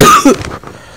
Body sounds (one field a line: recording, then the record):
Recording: coughing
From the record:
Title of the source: Wet coughing